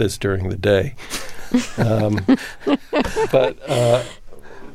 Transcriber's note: soundbite of laughter